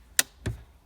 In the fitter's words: three clicks okay so we go back maybe just one click